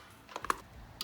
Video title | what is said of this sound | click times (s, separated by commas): DETAILED Installation of Corsa Dodge Charger Long Tube Headers & Connection Pipes. | the click guys and right now that's a majority of the header bolts torqued | 0.5 s